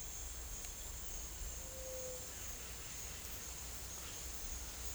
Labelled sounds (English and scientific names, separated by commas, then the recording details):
none
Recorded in secondary vegetation near Puerto Asís, Putumayo, Colombia, on 20 December 2024 at 10:30
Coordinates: 0.488, -76.319
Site GP04